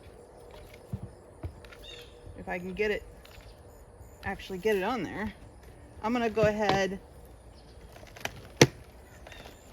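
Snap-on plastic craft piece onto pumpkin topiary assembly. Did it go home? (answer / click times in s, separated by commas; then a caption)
yes / 8.6 s. A snap-on plastic craft piece is pushed into place on a faux pumpkin topiary assembly while someone talks. A single sharp, loud click at 8.6 seconds marks the piece snapping on and seating.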